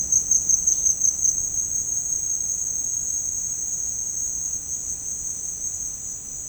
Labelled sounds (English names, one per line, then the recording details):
none
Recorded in dense forest near Puerto Asís, Putumayo, Colombia, on 25 June 2025 at 11:00
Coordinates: 0.481, -76.323
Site G072